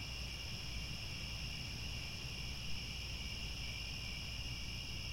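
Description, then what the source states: Crickets chirping in a dense, steady chorus, a continuous high trill with no pauses, over a low background rumble. Crickets chirping at twilight, as the sun descends below the horizon; a chorus of crickets.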